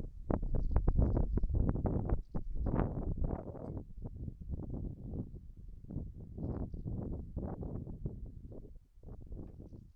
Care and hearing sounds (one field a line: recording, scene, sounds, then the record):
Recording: everyday scene through a hearing-aid microphone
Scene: wind on the microphone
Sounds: wind, whistling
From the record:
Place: in front of a rural house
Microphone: behind the ear, left, rear